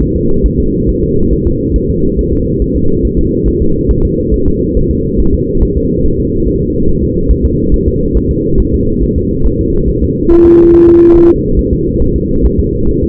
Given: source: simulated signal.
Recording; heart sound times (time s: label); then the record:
fetal heart sounds
0.02 s: S1
0.17 s: S2
0.46 s: S1
0.60 s: S2
0.89 s: S1
1.03 s: S2
1.33 s: S1
1.47 s: S2
1.76 s: S1
1.90 s: S2
2.19 s: S1
2.33 s: S2
2.62 s: S1
2.76 s: S2
3.05 s: S1
3.19 s: S2
3.48 s: S1
3.62 s: S2
3.91 s: S1
4.05 s: S2
4.34 s: S1
4.48 s: S2
4.77 s: S1
4.91 s: S2
5.20 s: S1
5.34 s: S2
5.63 s: S1
5.77 s: S2
6.06 s: S1
6.20 s: S2
6.48 s: S1
6.62 s: S2
6.89 s: S1
7.04 s: S2
7.31 s: S1
7.46 s: S2
7.74 s: S1
7.88 s: S2
8.17 s: S1
8.31 s: S2
8.60 s: S1
8.74 s: S2
9.04 s: S1
9.18 s: S2
9.47 s: S1
9.61 s: S2
9.90 s: S1
10.04 s: S2
10.32 s: S1
10.46 s: S2
10.74 s: S1
10.88 s: S2
11.16 s: S1
11.30 s: S2
11.59 s: S1
11.73 s: S2
12.02 s: S1
12.16 s: S2
12.46 s: S1
12.60 s: S2
12.89 s: S1
13.03 s: S2
From the record:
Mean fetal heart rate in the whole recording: 140 bpm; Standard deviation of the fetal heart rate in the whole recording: 2 bpm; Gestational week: 34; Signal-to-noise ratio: -16.4 dB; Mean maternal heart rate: 72 bpm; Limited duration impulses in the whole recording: present